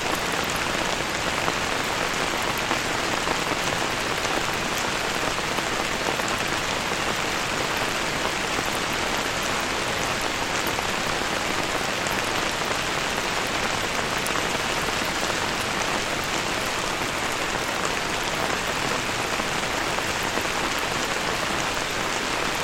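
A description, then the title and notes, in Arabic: Rain falls steadily on an umbrella overhead, a dense patter of countless drops merging into a bright, even hiss. The downpour holds the same strength for the whole stretch, with no pauses, gusts or other sounds breaking through. المطر المريح تحت المظلة. تحت زخات المطر.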